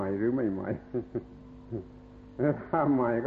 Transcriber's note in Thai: /หัวเราะ/